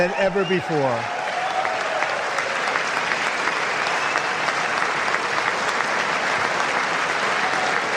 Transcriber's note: applause